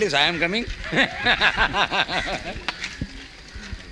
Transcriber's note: laughs